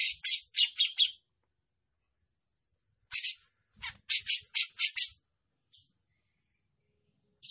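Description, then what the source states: Grey-cheeked bulbul uttering short bursts of harsh, rasping notes separated by silent gaps, with a brief low thump in the background. Bird described as gacor (persistently singing); song style called mewah mbeset ngepik.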